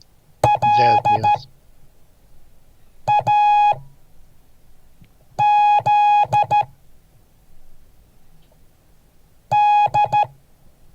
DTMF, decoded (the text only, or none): none